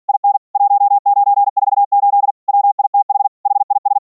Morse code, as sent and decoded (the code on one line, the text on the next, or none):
.. -. / .---- ----. ....- ---.. / .-- .. - .... / .... .. ...
IN 1948 WITH HIS